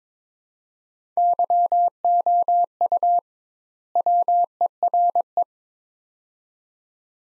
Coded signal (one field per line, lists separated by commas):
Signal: Morse code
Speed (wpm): 21 wpm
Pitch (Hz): 700 Hz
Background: none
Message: YOU WERE